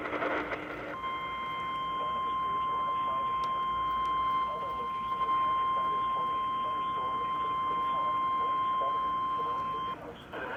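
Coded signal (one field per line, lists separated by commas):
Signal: Emergency Alert System (SAME) tones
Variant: 1050 Hz attention tone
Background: speech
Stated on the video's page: A night of multiple alerts.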